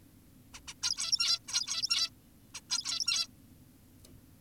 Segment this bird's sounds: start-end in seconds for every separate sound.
0.54-0.60, 0.68-0.74, 0.83-1.39, 1.48-2.10, 2.55-2.61, 2.70-3.28